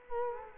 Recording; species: mosquito wingbeat signal from an infrared sensor; Culex quinquefasciatus